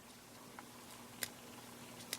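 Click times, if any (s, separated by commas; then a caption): none. A plastic lens barrel part for a Panasonic Lumix ZS19/ZS20 camera lens assembly is being handled, pushed down slightly and turned clockwise. Faint ticks are heard at about 0.6 s, with sharper clicks at 1.2 s and 2.1 s over a low steady hum. The part has not snapped into place yet, so nothing has seated.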